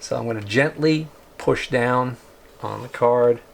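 A RAM memory module is being handled over a motherboard slot, about to be pushed down until its retaining clips snap back. Someone talks throughout, and no clicks or impacts are heard. The clip ends before the module goes home: nothing has seated or clicked yet.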